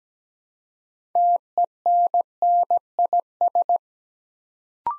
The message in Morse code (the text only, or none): TENNIS